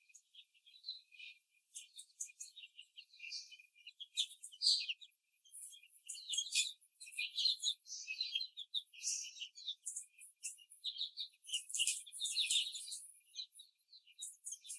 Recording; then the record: young laying hens in a cage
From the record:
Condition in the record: before the stressor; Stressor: simulated dog barking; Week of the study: 3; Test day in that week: 2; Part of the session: 3